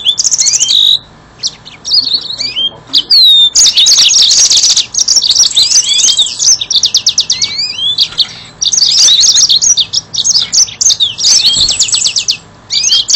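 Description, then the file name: Yellow-fronted canary song: long stretches of rapid high chirps and downslurred whistles, with fast buzzy trills and a few short gaps. "mozambik"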